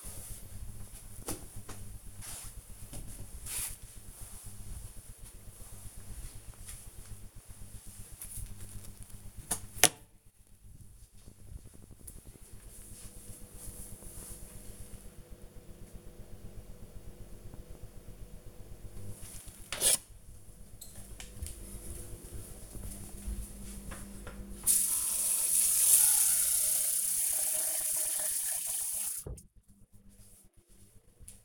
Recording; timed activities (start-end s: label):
household activities, microphone on the right wrist
0.00-7.92 s: floor cleaning
19.02-31.45 s: watering plant